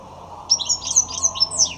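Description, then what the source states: European goldfinch song: a quick run of high, tinkling, liquid twitters and buzzy notes lasting about a second, over a faint low hum. Goldfinches kept and bred at home; the owners tried to record them while they were singing.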